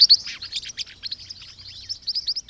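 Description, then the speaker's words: Green-rumped Parrotlet calls: quick series of high, scratchy chirps and buzzy notes, irregular and chattering, with a faint low hum beneath. Chicks learn sound elements from parents and pass them to younger siblings, each personalizing its call into an individual vocal signature. "polluelos de las cotorritas culiverde parecen aprender partes de sonidos de sus padres y luego ayudan a transmitir estos sonidos a sus hermanos menores."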